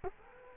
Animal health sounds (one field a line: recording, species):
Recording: mosquito wingbeat signal from an infrared sensor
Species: Culex quinquefasciatus